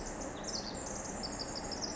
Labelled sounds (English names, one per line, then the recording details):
Pacific Wren
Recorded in Sonoma County, California